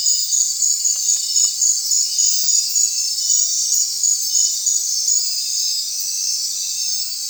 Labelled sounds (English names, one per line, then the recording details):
none
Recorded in secondary vegetation near Puerto Asís, Putumayo, Colombia, on 25 June 2025 at 19:30
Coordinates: 0.499, -76.323
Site G077